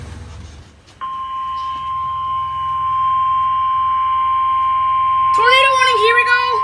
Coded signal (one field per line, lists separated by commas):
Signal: Emergency Alert System (SAME) tones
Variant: 1050 Hz attention tone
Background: speech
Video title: Tornado Warning | EAS #88